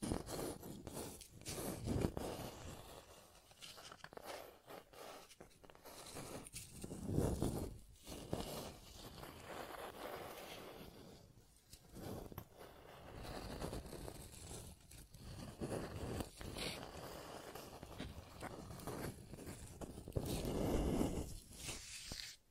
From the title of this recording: Scratching and Tracing Sounds